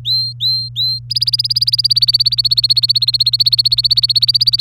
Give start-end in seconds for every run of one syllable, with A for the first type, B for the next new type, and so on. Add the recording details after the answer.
0.00-0.99 A, 1.10-4.61 B. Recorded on 24 April 2018 at 17:24. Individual llb3